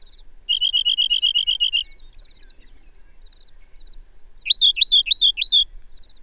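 Bird song opening with a fast, even trill of many high notes, a pause with faint chirps, then four rising slurred phrases in quick succession.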